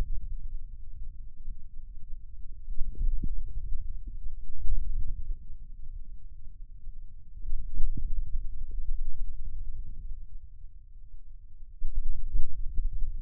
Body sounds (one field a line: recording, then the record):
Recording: forearm muscle sounds (acoustic myography)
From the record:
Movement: hand closing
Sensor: system 2, bracelet of six BSWA MPA416 microphones around the upper forearm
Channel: 1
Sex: male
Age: 22 years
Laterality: right